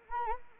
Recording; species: mosquito wingbeat signal from an infrared sensor; Anopheles arabiensis